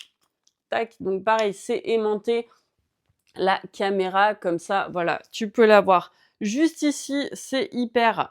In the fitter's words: dans laquelle on peut insérer tac